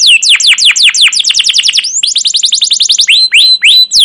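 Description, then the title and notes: Canary singing fast, steeply falling chirps in a dense run, then another series and a few slower upward whistles. Canary singing a long, rolling chirping song, used as a lure and master recording for young canaries learning sounds. "CUIT CUIT NGEROL LANGSUNG GACOR PANJANG Kenari Utk Pancingan KENAR. PANCINGAN Kenari GACOR PANJANG Cuit CUIT EMOSI utk MASTERAN Kenari PAUD belajar BUNYI. burung kenari"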